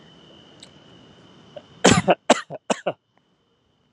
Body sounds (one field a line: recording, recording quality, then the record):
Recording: shallow voluntary cough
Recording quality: excellent, no background noise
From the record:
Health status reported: healthy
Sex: male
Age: 41 years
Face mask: not worn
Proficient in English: yes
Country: India